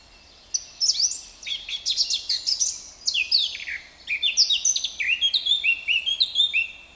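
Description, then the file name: Eurasian blackcap song: brisk, chattering warble with sharp squeaks, followed by a run of bright, mellow whistled phrases. "Sylvia atricapilla"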